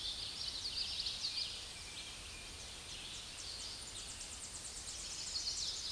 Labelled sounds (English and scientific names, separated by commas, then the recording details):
Tennessee Warbler (Leiothlypis peregrina) song
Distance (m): 25 m
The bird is about 5 m below the microphone
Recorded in a Pennsylvania forest on 16 May 2024 at 07:25
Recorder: AudioMoth, point MSD-2155
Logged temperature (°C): 15.6 °C
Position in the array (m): 69 m, 92 m